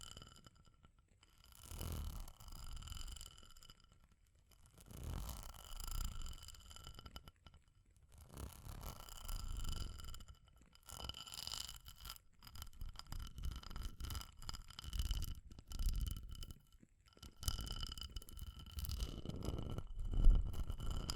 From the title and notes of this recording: ASMR for PURE Relaxation and Sleep Fire Crackling, Tapping, Scratching(No Talking).